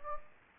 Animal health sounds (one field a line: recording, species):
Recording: mosquito wingbeat signal from an infrared sensor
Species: Anopheles gambiae